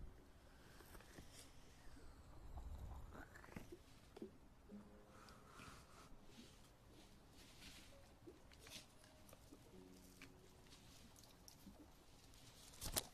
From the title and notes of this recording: Maid Ear Eating & Ear Massage.